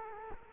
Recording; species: mosquito wingbeat signal from an infrared sensor; Culex quinquefasciatus